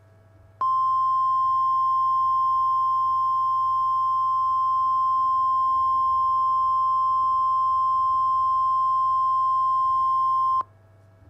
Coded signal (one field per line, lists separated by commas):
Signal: Emergency Alert System (SAME) tones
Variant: 1050 Hz attention tone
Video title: [EAS MOCK] TORNADO EMERGENCY FOR ILLINOIS AND INDIANA